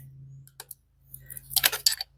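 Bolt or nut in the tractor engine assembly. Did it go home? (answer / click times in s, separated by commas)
no / 1.9 s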